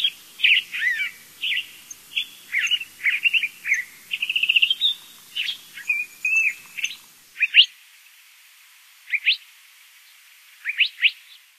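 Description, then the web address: Curve-billed thrasher song: a fast run of varied, slurred and chattering phrases for about seven seconds, then a pause and a few short rising notes near the end. Recorded in North America. "Songs of Birds of North America Stokes. Curve-billed Thrasher"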